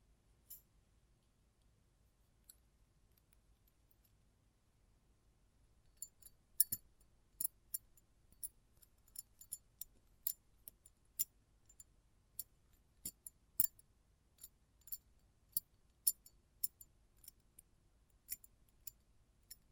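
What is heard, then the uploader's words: Close up metallic sounds: sharp, bright clicks and small clinks, sparse at first and growing busier after about six seconds into an irregular patter. Each tick is short and crisp, set over a faint low hum, with a louder clack near thirteen seconds. ASMR Close Up Metallic Sounds (No Talking).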